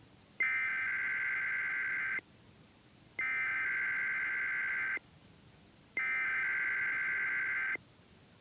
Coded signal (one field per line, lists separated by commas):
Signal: Emergency Alert System (SAME) tones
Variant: header bursts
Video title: KDAT Required Weekly Tests #4-5 (EAS #120-121)